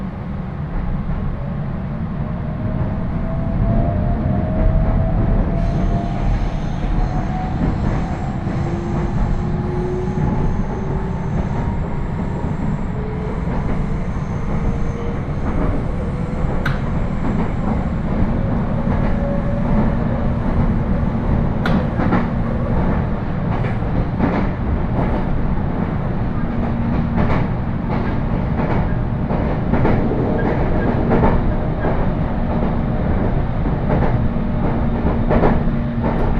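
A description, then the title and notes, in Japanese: A steady, dense rumble from inside a moving train car, heavy in the low end, with slowly rising whine tones in the first half as the motors speed up. From about 17 seconds on, frequent rattles and clicks from the wheels and joints come through. 犬山から普通列車に乗り換えて新可児まで行きます。新可児までは複線区間なので単線のような行き違い停車はありません。鉄道旅 名古屋鉄道広見線 犬山→新可児。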